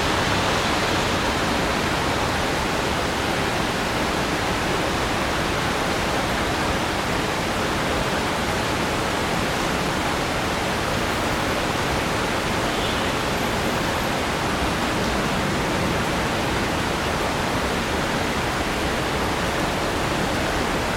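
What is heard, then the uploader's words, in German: A relentless rainstorm in central London roars on without pause, a dense, steady wash of hiss spread from deep rumble up to bright spray. The level holds flat for the whole stretch, with no single drops or other sounds standing out. In dieser Episode haben wir einen unerbittlichen Regensturm im Zentrum von London eingefangen. Es ist 22 Uhr und der Regen prasselt herunter. Doch diese Geräusche werden von dem stetigen, rhythmischen Rauschen des Regens übertönt.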